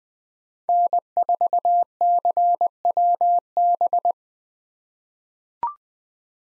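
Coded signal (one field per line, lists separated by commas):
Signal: Morse code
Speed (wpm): 20 wpm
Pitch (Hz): 700 Hz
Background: none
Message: N4CWB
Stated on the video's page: Common 2023 POTA activator call signs sent at 20 wpm for head-copy practice, each sent in Morse, spoken, then sent again.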